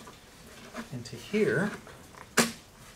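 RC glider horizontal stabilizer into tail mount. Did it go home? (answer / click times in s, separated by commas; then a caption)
yes / 2.4 s. Someone talks while the horizontal stabilizer of an FMS ASW-17 RC motor glider is slid back into its mount on the fin. At 2.4 s it snaps home with one loud, sharp click, and the stabilizer is seated in place.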